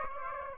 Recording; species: mosquito wingbeat signal from an infrared sensor; Aedes aegypti